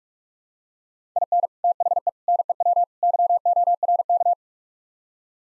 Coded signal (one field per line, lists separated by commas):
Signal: Morse code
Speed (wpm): 47 wpm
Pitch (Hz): 700 Hz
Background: none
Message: IN THE NEW YORK